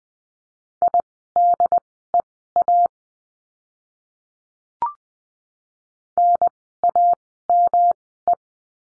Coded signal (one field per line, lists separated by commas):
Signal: Morse code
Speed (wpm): 20 wpm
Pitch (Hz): 700 Hz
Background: none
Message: IDEA NAME